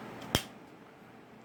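A new CR2025 coin cell is pushed into its holder in a Mazda key fob. A single short, sharp click sounds at 0.4 s against faint background hiss, and the battery seats in the holder.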